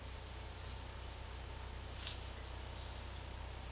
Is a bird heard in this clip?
no